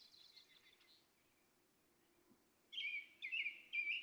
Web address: birdsongforthecurious. Rose-breasted Grosbeak